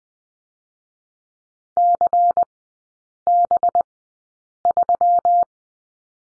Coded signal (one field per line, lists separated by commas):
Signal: Morse code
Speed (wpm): 19 wpm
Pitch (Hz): 700 Hz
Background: none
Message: CB3